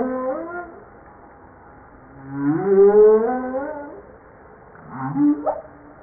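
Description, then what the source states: Humpback whale song units: moaning tonal calls sweeping upward with rich harmonics, then a brief rising whoop near the end, over steady low underwater hiss. Recorded 5 March 1994.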